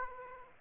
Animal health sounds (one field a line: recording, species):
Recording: mosquito wingbeat signal from an infrared sensor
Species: Aedes aegypti